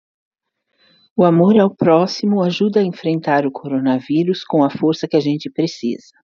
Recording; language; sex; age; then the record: spoken sentence; Brazilian Portuguese; female; 60 to 69 years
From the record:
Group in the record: control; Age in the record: 62 years